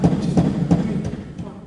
This is the sound of a dancer's heart beating in the middle of one of Christopher Janney's best-known works, a performance inspired by a scientific breakthrough in the 1980s. He managed to acquire a wireless monitor, the kind used on post-operative heart patients.